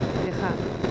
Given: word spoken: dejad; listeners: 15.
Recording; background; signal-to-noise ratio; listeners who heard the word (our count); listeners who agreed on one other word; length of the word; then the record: one Spanish word in noise, from a listening test; noise modulated by three-talker babble; -4.2 dB; 1 of 15; 6 of 15; 0.51 s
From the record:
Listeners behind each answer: 6, 2, 1, 1, 1, 1, 1, 1, 1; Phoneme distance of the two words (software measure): 10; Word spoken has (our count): 2 syllables, 5 phonemes, stress on syllable 2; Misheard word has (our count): 2 syllables, 5 phonemes, stress on syllable 2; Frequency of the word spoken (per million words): 0.97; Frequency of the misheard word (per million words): 147.47